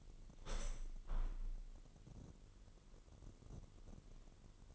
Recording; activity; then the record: daily activity, microphone in the room; open window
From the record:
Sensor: 4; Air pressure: 999.4 hPa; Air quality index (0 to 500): 106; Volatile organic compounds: 2 ppm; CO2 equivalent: 1051 ppm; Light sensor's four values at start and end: 13/31/13/14 and 13/31/13/14